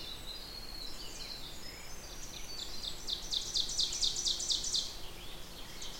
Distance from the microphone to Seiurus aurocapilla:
about 40 m